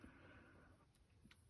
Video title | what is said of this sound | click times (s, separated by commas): Unboxing a Rolex Datejust 36 (116231) from 2011 | push it down, and you hear that nice audible click. | 1.3 s